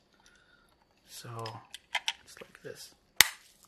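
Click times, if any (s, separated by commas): 3.2 s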